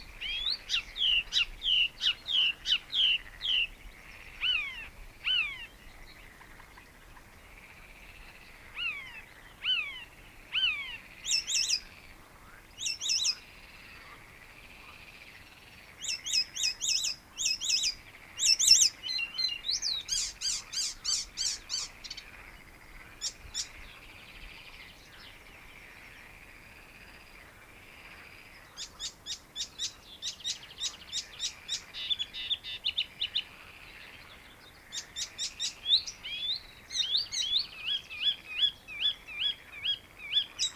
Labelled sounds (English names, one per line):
Icterine Warbler song